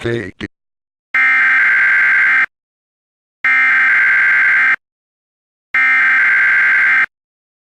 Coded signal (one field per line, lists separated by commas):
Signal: Emergency Alert System (SAME) tones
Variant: header bursts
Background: speech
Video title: EAS Classic: The EAS Interrupts Microsoft Sam Reads Computer Errors (Original Re-Edit)